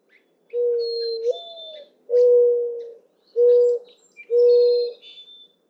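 Mourning dove singing one full phrase, a long coo swelling upward into a higher note, then three steady, soft, low hoots; light high chirps from another bird.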